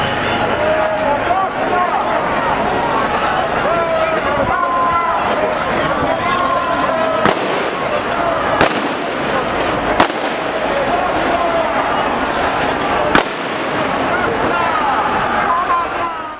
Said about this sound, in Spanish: En cualquier caso, esto es lo que sucedió, una carga indiscriminada, con disparos de pelotas de goma, que terminó con 29 heridos leves y 15 detenidos, 11 de ellos mayores de edad.